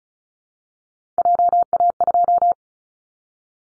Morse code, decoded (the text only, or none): JA2